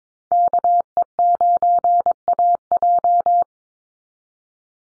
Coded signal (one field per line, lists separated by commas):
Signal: Morse code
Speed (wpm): 22 wpm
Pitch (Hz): 700 Hz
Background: none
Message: KE9AJ